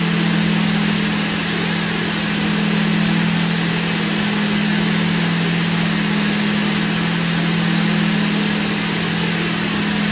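A steady wash of white and pink noise fills the whole range, hissing evenly with no changes or events. Beneath it, a pair of close, pure low tones hums continuously, forming a constant binaural beat that stays level throughout.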